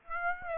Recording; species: mosquito wingbeat signal from an infrared sensor; Aedes aegypti